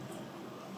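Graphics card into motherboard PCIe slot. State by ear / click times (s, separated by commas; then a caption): not seated / none. An MSI RTX 2060 Super graphics card is handled as it is brought toward the motherboard's PCIe x16 slot, with its retention latch, over a steady low hum with no sharp sounds. The card has not seated and the latch has not clicked yet.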